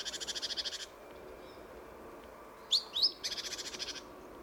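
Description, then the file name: Great tit churring calls: two buzzy, rapidly pulsed rattles, one opening and one near the end, separated by a pair of sharp chips. "Parus major"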